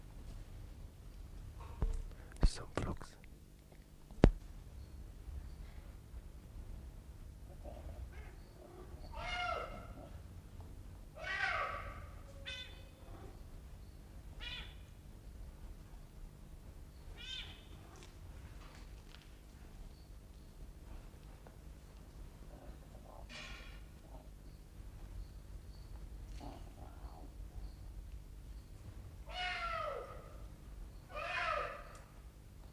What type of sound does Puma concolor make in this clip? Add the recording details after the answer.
call. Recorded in captivity. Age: adult. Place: Zoo Berlin, Berlin, DE. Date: 1960-01-23 14:00. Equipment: Reporter (Vollspur). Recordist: Tembrock, Günter